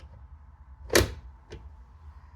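A plastic front cover is put back over an indoor AC unit and pushed in toward the wall, snapping into place with a sharp, bright click at 1.0 s. A fainter tap follows at 1.5 s over a low steady hum, and the cover is seated.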